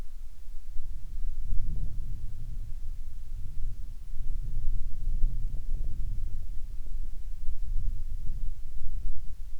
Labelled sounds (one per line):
wind